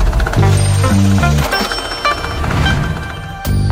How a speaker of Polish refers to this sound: Ten sygnał oznacza, że czas na ekonomię.